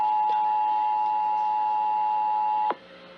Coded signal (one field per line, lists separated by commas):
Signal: Emergency Alert System (SAME) tones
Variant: 853 and 960 Hz attention tone